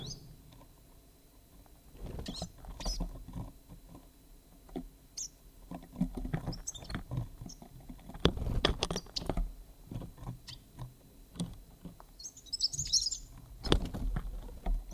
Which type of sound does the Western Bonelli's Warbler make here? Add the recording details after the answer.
song. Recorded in captivity. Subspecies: bonelli. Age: juvenile. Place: Zoologisches Institut Universität Tübingen, Baden-Württemberg, DE. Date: 1970-07-24. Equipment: Nagra III PH, MD 211, DP26. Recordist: Kleine and Killmaier